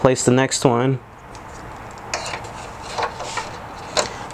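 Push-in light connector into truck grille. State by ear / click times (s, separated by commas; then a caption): seated / 4.0 s. A push-in connector for the Raptor grille lights is pressed into its hole in the plastic grille of a 2016+ Toyota Tacoma TRD Pro. Someone talks at the start, followed by faint fumbling and a small knock at 2.1 s. A sharp click at 4.0 s confirms the connector has seated.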